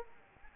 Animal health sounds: mosquito wingbeat signal from an infrared sensor; Anopheles arabiensis

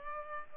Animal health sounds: mosquito wingbeat signal from an infrared sensor; Culex pipiens

